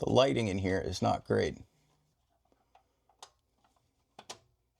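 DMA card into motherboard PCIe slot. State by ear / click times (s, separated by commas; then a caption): seated / 4.2 s, 4.3 s. Someone talks, then a DMA card lined up with a motherboard PCIe expansion slot is pushed down until it seats. Faint taps lead to two sharp clicks at 4.2 s and 4.3 s as the card pops into place.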